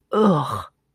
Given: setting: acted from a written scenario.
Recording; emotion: vocal sound without words; disgust